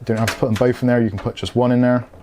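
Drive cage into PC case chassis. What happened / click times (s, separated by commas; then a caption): No seating click yet; only talk while the part is handled / none. A removable drive cage is being handled for a Cougar MG120G MATX PC case chassis while someone talks throughout. The cage has not yet been pushed home, and nothing has seated or clicked yet.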